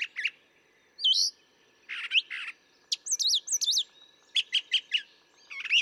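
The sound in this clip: Brown thrasher song with rapidly changing phrases: rising whistles, a buzzy doubled note and quick repeated chips, alongside a faint background hiss.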